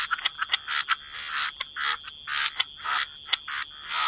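Frogs calling in chorus, rough croaks mixed with sharp clicks, irregular timing, and a steady high tone behind.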